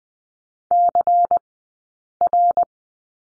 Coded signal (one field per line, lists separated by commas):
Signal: Morse code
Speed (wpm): 20 wpm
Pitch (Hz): 700 Hz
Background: none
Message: CR